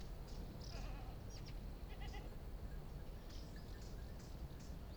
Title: GameAudioGDC. Ambience. Morning, calm. Meadow near a farm. Goat herd bleating, neck bells ringing